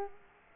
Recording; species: mosquito wingbeat signal from an infrared sensor; Culex quinquefasciatus